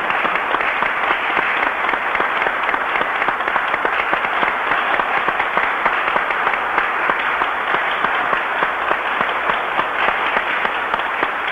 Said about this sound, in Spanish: Ese aplauso viene del pueblo venezolano y del pueblo guatemalteco a esta nueva era que están haciendo para todos los pueblos de la América Latina y del Caribe.